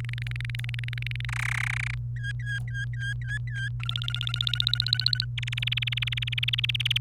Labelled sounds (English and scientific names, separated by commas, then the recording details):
Domestic Canary (Serinus canaria) song
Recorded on 28 April 2018 at 11:43
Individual llb3